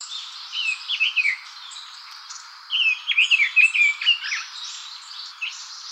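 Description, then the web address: Bird twittering in two bursts of rapid, varied chirps, one near the start and a longer, louder run midway, with faint high notes and background hiss between. "birdenaga sousityou"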